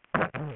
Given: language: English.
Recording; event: throat vibration sensor signal played as sound; throat clearing